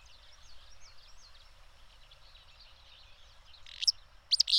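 Bird: faint twittering fills most of the time, then loud sharp notes and a buzzy burst break in near the end.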